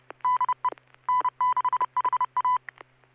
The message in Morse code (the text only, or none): DE N6HA